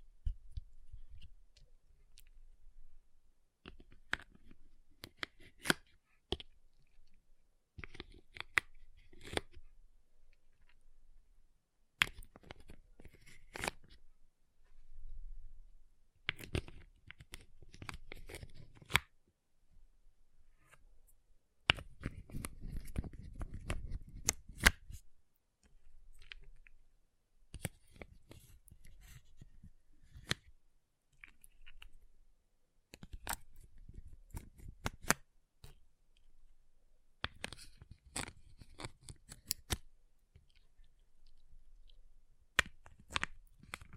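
Ice is scratched and carved in short bursts of crisp, gritty scraping and sharp taps, separated by silent pauses, with one heavier rumbling stretch near 22 seconds.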